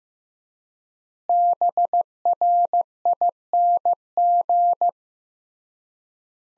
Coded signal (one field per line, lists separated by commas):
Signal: Morse code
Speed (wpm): 15 wpm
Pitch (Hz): 700 Hz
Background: none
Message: BRING